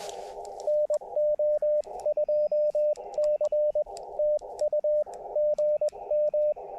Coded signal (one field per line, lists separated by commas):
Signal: Morse code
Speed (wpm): 20 wpm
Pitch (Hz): 590 Hz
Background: radio noise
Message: NO2C TU GM